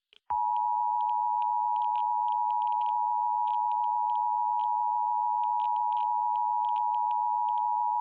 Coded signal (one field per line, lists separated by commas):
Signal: Emergency Alert System (SAME) tones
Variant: 853 and 960 Hz attention tone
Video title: THE ORPHAN SOURCE | EAS Nuclear Disaster Scenario